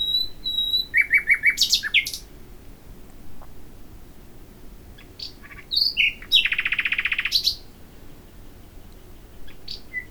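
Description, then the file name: Common nightingale song with fast repeated rattling notes, a quiet gap, then a dense buzzy trill and a few closing chips. "Luscinia megarhynchos"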